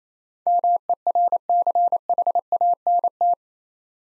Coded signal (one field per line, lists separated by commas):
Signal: Morse code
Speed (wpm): 28 wpm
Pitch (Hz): 700 Hz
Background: none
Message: MERCHANT